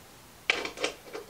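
A small screwdriver turns a metal cam lock fitting in a particleboard drawer panel of an IKEA Hemnes 6-drawer chest until it tightens on the dowel. After a quiet start, a sharp click at 0.5 s marks the cam lock locking into place, followed by rough rubbing and scraping with smaller ticks around 0.7 s, 0.8 s and 1.3 s. The cam lock is seated.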